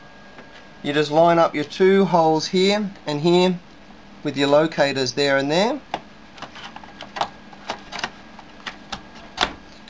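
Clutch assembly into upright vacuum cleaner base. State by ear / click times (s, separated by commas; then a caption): seated / 9.4 s. A replacement clutch housing for a Dyson DC07 upright vacuum cleaner is lined up on the brush bar area, with its two holes set over the locators, then pressed down into the base while someone talks. A series of short plastic knocks and taps follows, and the clutch assembly clicks into place with the loudest, sharpest hit at 9.4 s.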